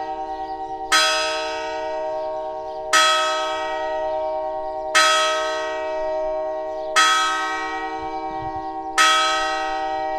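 A church bell rings out in slow, even strokes, about every two seconds, each one bright and clanging before fading into a sustained, slightly sour hum. The tones sound somewhat out of tune, and the ringing carries steadily with a faint outdoor background beneath.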